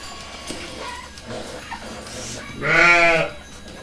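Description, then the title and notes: Sheep bleating: one loud, drawn-out harmonic bleat of under a second near the end, over low background clatter and faint shuffling noises. About 30 sheep in a fold during daily milking, Gramaços, Oliveira do Hospital. "«ordenha (gramaços, oliveira do hospital)». Ovelhas (Ordenha). gravacao de campo num redil de ovelhas, em gramacos, oliveira do hospital, aquando da ordenha diaria a cerca de 30 ovelhas"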